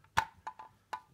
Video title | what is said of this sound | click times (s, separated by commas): Prego 4034 Gaby Ana Kucağı(Titreşimli ve Müzikli Ev Tipi Ana Kucağı),Reklam Arası#prenseselif | çıt sesi geldiği zaman bu şekilde oturmuş oluyor. | 0.2 s